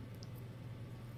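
A plastic building piece is pressed onto a model during a build, with a steady low hum and a brief faint high tick around 0.2 seconds. The piece is still being handled and nothing has seated or clicked yet.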